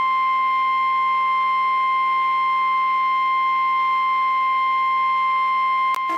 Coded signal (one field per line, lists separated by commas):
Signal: Emergency Alert System (SAME) tones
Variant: 1050 Hz attention tone